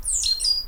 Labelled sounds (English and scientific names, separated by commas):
Stitchbird (Notiomystis cincta) song